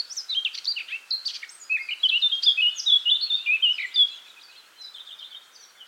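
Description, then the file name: Eurasian blackcap song, a tumbling warble of high varied notes lasting about four seconds, followed by a faint trailing twitter. "Sylvia atricapilla"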